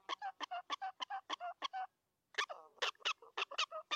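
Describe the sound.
Prairie dog chirping barks in a quick series, a half-second silence, then a more irregular burst of sharp notes.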